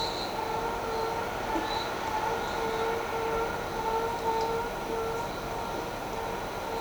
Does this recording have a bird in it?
no